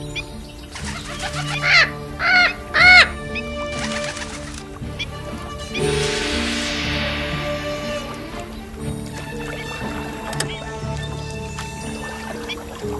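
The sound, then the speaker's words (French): A bird calls in three short, loud, high-pitched bursts, followed by a fainter descending chirp, over a steady hum of sustained background tones. “Je n'ai jamais vu un oiseau se comporter comme ça, jamais.”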